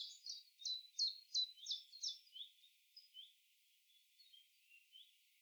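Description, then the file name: Eurasian blackcap song: a rapid run of bright, warbled notes repeated in quick succession for a few seconds, then fading into softer scattered chirps. "Sylvia atricapilla"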